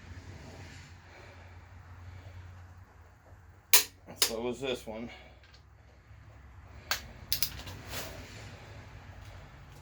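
A click torque wrench re-checks another crank main bearing cap bolt in the engine block of a Mercruiser GM 4.3LX V6 during crank install, and the wrench gives a sharp click at 3.7 s, confirming torque on a bolt that was also slightly under. Someone talks, and more short metallic clicks follow around 6.9 to 7.4 s over a low steady hum.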